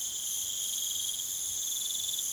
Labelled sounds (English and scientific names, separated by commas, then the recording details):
none
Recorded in pastures near Puerto Asís, Putumayo, Colombia, on 29 June 2025 at 00:00
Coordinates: 0.486, -76.323
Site H29